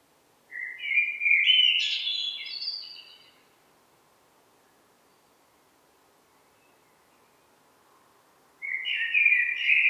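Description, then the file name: Common blackbird, a mellow warbling phrase with a high twittered ending, a long quiet gap, then another phrase starting. "Turdus merula"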